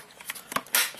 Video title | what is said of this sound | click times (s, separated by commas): CAMPING WITH COLEMAN - THE GRAPE APE! - WERTYMADE AXIAL WRAITH REVEALED! | Done deal. Pops right in. | 0.8 s